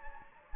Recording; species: mosquito wingbeat signal from an infrared sensor; Anopheles gambiae